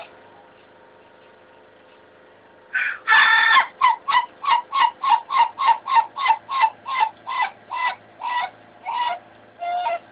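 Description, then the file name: Ayam Ketawa chicken crow: after a quiet start, a strong opening cry gives way to a regular series of short laughing syllables that slow slightly toward the end. Ayam Ketawa chicken crow in the 'dangdut slow' voice type, described as 'crystal'. "jenis bunyi ayam ketawa suara dangdut slow crystal"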